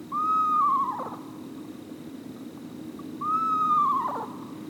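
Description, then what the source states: Eastern Screech Owl giving two tremulous whistled calls, each about a second long, holding a steady pitch before wavering and dropping at the end, about three seconds apart. Very tiny owl, common in forests, supremely camouflaged, nests in cavities and rarely seen; calls described as eerie.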